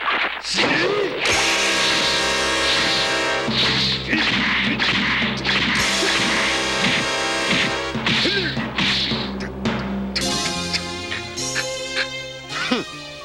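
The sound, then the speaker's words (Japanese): A string of sharp whacks and thwacks from a Dragon Ball fistfight in which Giran is beaten, with swishing whooshes between hits, layered over a sustained dramatic musical backing that drops away near the end. “眠くなるようなパンチだぜ。”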